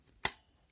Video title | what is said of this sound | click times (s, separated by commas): omracer's tutorials: How to build a PC | They click in, that's it. That is the RAM inside. | 0.2 s